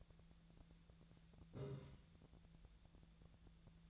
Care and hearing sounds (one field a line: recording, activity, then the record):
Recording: daily activity, microphone in the room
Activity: take from stove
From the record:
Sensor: 3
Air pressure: 1009.9 hPa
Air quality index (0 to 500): 189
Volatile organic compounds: 14 ppm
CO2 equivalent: 2469 ppm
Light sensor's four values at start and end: 41/102/44/47 and 41/102/44/47